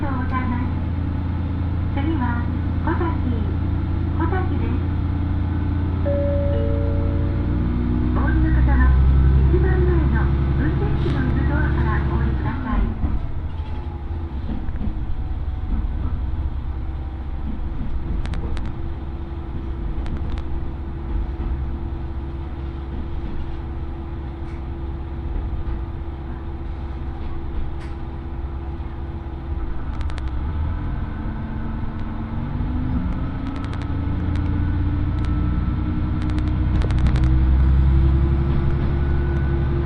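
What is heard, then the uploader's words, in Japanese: Inside the first Oito Line train leaving Itoigawa for Minami-Otari, a heavy low engine drone fills the whole clip. Its pitch climbs and falls as the train accelerates, with faint voices early on and scattered clicks and rattles throughout. 耳で楽しむ鉄道旅 大糸線 糸魚川→平岩。糸魚川を出る大糸線の始発列車で南小谷へと向かいます。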